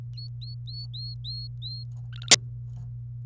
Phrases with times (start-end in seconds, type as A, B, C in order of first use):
0.17-1.83 A, 2.13-2.31 B